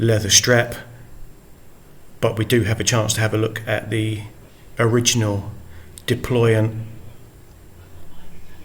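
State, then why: Not seated. The original metal deployant clasp of an Omega Speedmaster Broad Arrow Co-Axial GMT watch, fitted to an aftermarket homemade colour-matched leather strap, is handled while someone talks throughout. Nothing has clicked or snapped shut yet; the clip ends just before the clasp closes onto itself.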